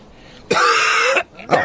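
A single long, harsh, rough cough lasting under a second, followed by a short second burst, from an older man after more than three hours of ploughing. The sound is strained and rasping rather than crisp, and it doesn't sound too good. This is an acted cough.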